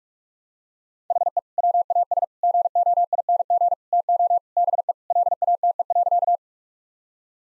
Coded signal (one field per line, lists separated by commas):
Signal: Morse code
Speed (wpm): 41 wpm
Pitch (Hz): 700 Hz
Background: none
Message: HE WAS GOING TO BE LATE.